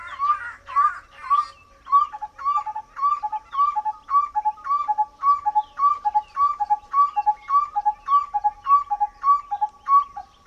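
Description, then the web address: Barbet calling rapidly, a fast run of paired whistled notes nearly twice a second, preceded by a brief burst of busier chattering. "animal-sound barbet-sound"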